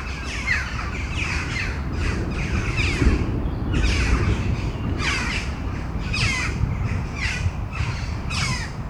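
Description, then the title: Crows calling with loud, hoarse caws in uneven bursts over a deep steady rumble. Crows before a storm at Domaine de Tivoli, Mechelen, Belgium; Sony PCM-M10 internal microphones. "Domaine de Tivoli, Malines, Belgique, Belgium - Corneilles avant lorage - Crows before the storm"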